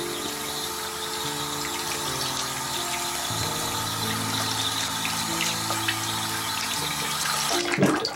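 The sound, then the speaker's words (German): Water runs from a tap in a steady, hissing rush for several seconds, with a low humming drone underneath that shifts pitch a couple of times. A brief splash or clatter comes near the end. “Braucht der Mensch sein Wasser, bekommt er sein Wasser.”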